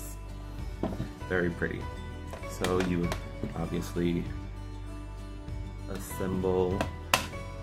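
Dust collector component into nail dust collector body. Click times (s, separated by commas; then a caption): 7.1 s. A dust collector component is fitted onto the body of a cordless nail dust collector during assembly while music plays and someone talks. A sharp click at 7.1 s confirms the part locks into place.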